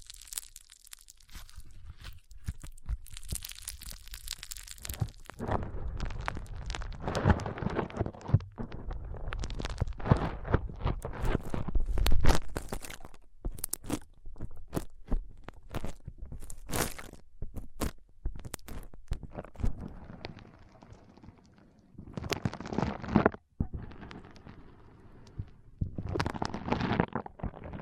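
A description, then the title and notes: Foam being squeezed and rubbed produces dense crackling, crunchy bursts with low rumbling thumps, busiest mid-clip, then briefer scrunches after short pauses. ASMR Powerful Foam Brain Massage.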